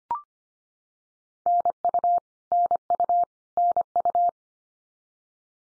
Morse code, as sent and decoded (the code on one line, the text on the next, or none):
-. ..- / -. ..- / -. ..-
NU NU NU